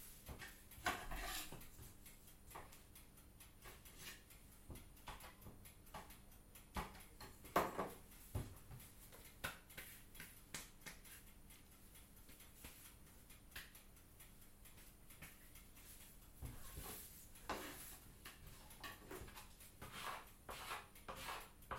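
Early morning bakery ambience, with a quiet steady hum under scattered knocks, taps and light clinks of utensils. Louder bursts come around one, seven and a half, and seventeen seconds, with soft handling sounds and faint movement between them.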